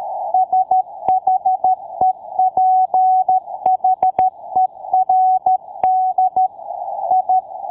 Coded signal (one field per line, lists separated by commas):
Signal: Morse code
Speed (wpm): 13 wpm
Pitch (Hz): 750 Hz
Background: none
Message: SHEPHERD I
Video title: Psalm 23:1 Morse Code Sound Effect 1125